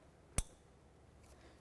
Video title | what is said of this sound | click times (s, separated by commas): How to Replace Exhaust Manifold Flange Stud and Nut Kit 2005-2010 Chevrolet Cobalt | We'll press this in and listen for a click. | 0.4 s